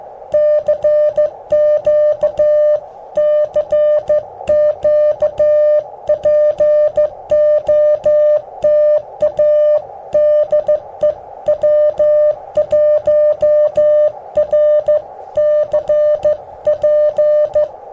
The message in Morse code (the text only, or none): CQ CQ POTA DE W1RCP